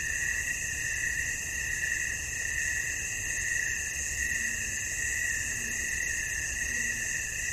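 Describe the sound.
Cricket: continuous high ringing trills with a gentle pulsing beat, while soft low tonal calls sound a few times in the background.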